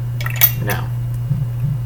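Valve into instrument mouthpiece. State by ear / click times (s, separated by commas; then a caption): seated / 0.4 s. A small valve, turned so its number one faces the mouthpiece, is slowly pushed into the instrument and clicks gently into place at 0.4 s. Someone talks over a steady low hum.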